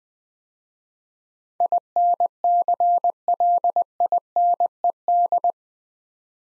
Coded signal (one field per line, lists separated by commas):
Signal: Morse code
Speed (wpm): 20 wpm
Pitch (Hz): 700 Hz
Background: none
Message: INCLINED